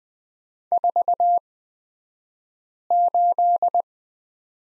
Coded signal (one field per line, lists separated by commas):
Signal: Morse code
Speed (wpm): 20 wpm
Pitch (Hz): 700 Hz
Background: none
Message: 48